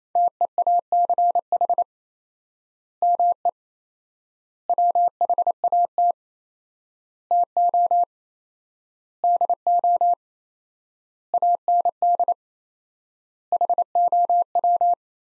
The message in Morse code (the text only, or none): TEACH ME WHAT TO DO AND HOW